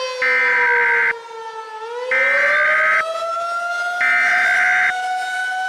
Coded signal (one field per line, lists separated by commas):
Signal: Emergency Alert System (SAME) tones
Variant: header bursts